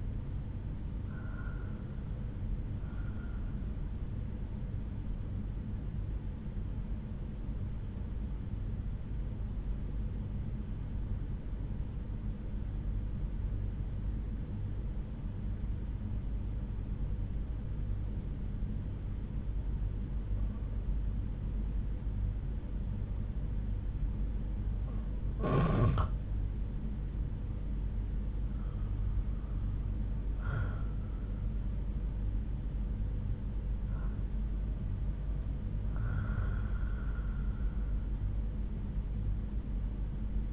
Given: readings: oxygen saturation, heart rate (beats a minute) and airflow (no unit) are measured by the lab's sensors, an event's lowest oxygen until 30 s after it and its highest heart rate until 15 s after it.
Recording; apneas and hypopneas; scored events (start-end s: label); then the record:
breathing in sleep by a smartphone at the bedside; 1
6.00-25.30 s: hypopnea (N1, oxygen 96% highest, then 91% lowest)
From the record:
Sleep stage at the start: N1 (lightest sleep); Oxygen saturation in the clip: 93 to 96%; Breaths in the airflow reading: 4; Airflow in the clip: -6.9 to 6.6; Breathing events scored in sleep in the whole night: 368 in 8.0 hours asleep